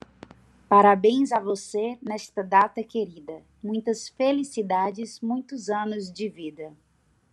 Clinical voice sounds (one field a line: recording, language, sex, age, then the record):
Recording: short text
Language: Brazilian Portuguese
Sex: female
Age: 20 to 29 years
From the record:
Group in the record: control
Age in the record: 27 years